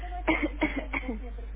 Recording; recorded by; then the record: voluntary cough; telephone call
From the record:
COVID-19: negative